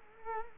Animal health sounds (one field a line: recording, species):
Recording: mosquito wingbeat signal from an infrared sensor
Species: Culex quinquefasciatus